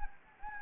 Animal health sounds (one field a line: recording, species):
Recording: mosquito wingbeat signal from an infrared sensor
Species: Anopheles gambiae